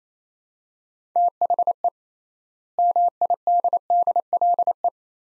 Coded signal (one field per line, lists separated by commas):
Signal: Morse code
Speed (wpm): 28 wpm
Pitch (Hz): 700 Hz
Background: none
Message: THE MIDDLE